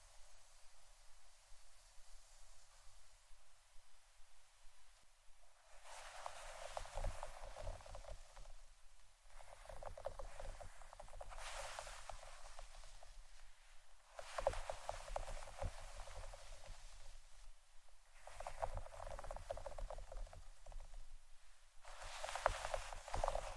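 Scratching and brushing strokes come in repeated bursts of dry, bristly rasping, each lasting a few seconds, starting around 6, 9, 14, 19 and 22 seconds. Between bursts the sound drops to a faint hiss. The strokes are bright and gritty, with little low rumble.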